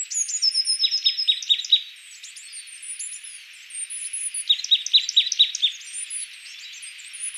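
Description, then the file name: Marsh tit giving two bursts of rapid, clear, repeated high notes, mixed with thin, very high chirps throughout. "Poecile palustris"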